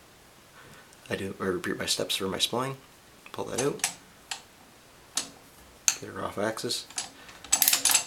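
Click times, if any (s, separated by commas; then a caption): none. Someone talks while handling a Hardinge 5C indexer, pulling the spring-loaded steel index pin out of the spline plate and turning the spindle off axis. Short metallic handling knocks and ticks are heard around 4.3, 5.2, 5.9 and 7.5–7.9 s. The pin has not yet snapped into the next index hole; nothing has seated or clicked yet.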